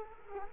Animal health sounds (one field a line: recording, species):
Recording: mosquito wingbeat signal from an infrared sensor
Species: Culex quinquefasciatus